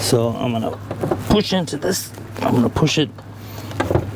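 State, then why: Not seated. While rebuilding a Kia engine cylinder head, a person standing on a stool for leverage pushes down with a tool on a valve-train part going onto a valve in the head. Someone talks throughout, with a short sharp sound near 3.8 s. Nothing has seated or clicked into place yet.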